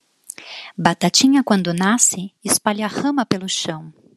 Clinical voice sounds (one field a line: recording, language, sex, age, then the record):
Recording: short text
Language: Brazilian Portuguese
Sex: female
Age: 40 to 49 years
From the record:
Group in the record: control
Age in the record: 41 years